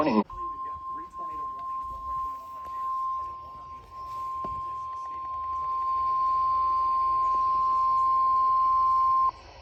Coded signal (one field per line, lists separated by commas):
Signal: Emergency Alert System (SAME) tones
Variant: 1050 Hz attention tone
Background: speech